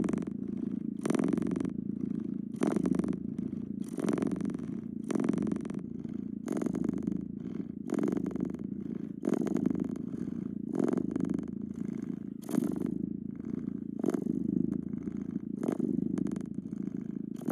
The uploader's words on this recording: 20 Mins of CAT PURRING Heaven ASMR.